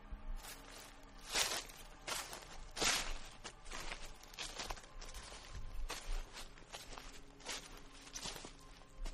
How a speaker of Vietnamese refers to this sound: Lại có tiếng bước chân sột soạt ở trong bụi cỏ bên kia.